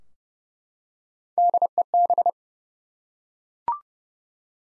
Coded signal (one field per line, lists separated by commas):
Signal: Morse code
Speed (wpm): 32 wpm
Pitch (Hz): 700 Hz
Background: none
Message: DEB